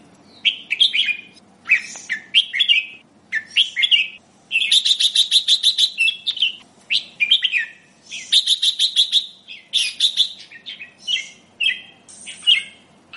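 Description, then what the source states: Sooty-headed bulbul singing lively bubbling phrases in quick succession, broken by two fast buzzy rattling trills, over a faint low hum. Described as kutilang gacor, singing actively.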